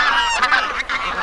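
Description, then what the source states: Bean goose: bean geese calling together as a flock, with many harsh, nasal honks piling over one another in a constant noisy babble. A noisy gathering ('bazaar') of a flock of bean geese.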